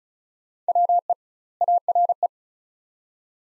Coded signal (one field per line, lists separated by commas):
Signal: Morse code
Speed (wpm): 36 wpm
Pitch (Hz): 700 Hz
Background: none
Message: WE ARE